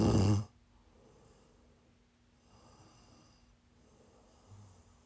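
One loud, low, rattling snore at the start, then quiet, soft sleep breathing from an adult woman asleep: ordinary snoring.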